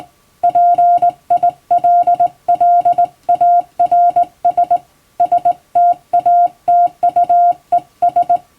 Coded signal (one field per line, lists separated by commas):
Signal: Morse code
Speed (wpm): 20 wpm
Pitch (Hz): 700 Hz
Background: none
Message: PILLARS STATUES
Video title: 手打ちで綺麗にモールス信号を打てるとカッコイイ！練習すれば打てます！欧文モールスを欧文電報練習帳で打ってます！YouTubeの再生速度を調整して聴いてみよう(morse code practice)